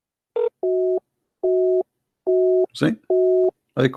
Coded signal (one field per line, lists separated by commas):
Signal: none